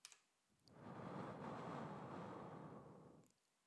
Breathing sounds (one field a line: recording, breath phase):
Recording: one breath near a microphone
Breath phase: exhalation